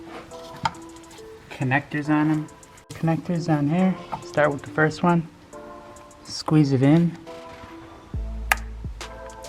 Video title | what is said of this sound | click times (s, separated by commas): 6 0L F250 F350 Powerstroke Left Injectors Full Removal Installation | hear it click then | 8.5 s